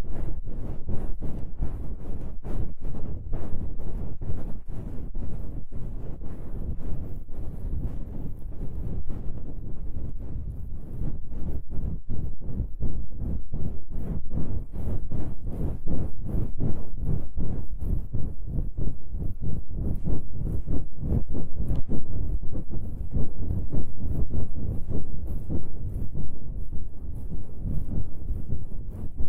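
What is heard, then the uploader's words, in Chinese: An ear massage: continuous muffled rubbing against the microphone, low and dense, with rapid, fairly regular strokes throughout and little brightness. 放松按摩耳朵。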